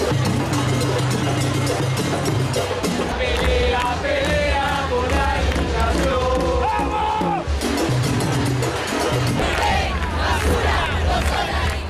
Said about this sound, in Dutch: Boze studenten horen we hier in Buenos Aires. Meer dan 100.000 studenten gingen gisteren de straat op uit protest tegen de enorme bezuinigingen op de universiteiten in Argentinië.